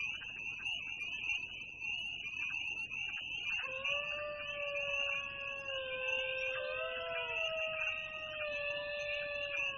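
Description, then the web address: Wolf: after a few seconds of rustling noise, long sustained howls begin, over a constant high buzz. "sons loups"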